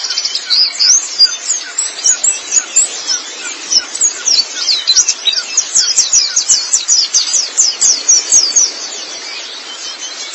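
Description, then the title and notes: White-eye song, a rapid, continuous twittering of very high, thin slurred notes in rushing bursts. Long-duration recording of chirping song (kicauan). "Kicauan Burung Pleci Durasi Panjang. Suara kicauan burung pleci"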